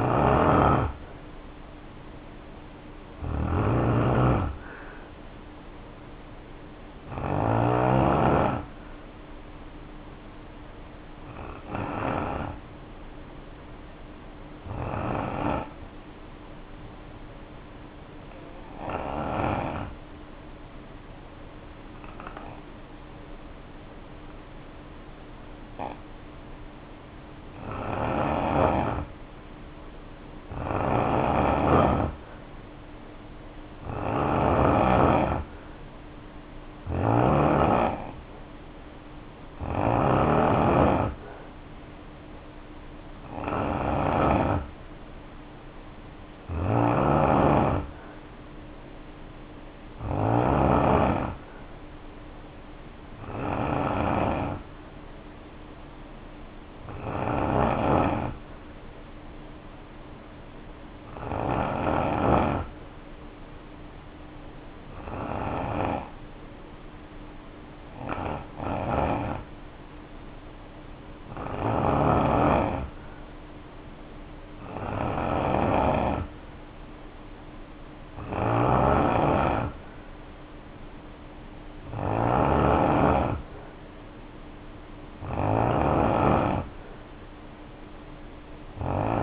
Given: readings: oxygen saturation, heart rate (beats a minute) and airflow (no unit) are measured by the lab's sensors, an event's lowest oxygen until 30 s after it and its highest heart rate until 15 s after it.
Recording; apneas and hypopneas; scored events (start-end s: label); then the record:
breathing in sleep by a voice recorder at the bedside; 2
17.00-31.90 s: hypopnea (N2, oxygen 94% highest, then 83% lowest, heart rate 61 at the start, 69 highest)
58.00-76.20 s: hypopnea (N2, oxygen 92% highest, then 88% lowest, heart rate 59 at the start, 63 highest)
From the record:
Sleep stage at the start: N2 (light sleep); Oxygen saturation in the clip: 83 to 94%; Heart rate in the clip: 57 to 69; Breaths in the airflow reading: 25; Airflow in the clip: -3.2 to 3.6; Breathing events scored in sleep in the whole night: 520 in 7.2 hours asleep